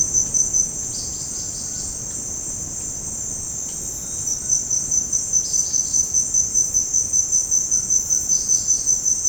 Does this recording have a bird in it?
yes